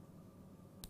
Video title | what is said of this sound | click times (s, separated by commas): JewelleryMaker LIVE 30/11/15 4pm-9pm | and you'll hear did you hear that click yeah | 0.8 s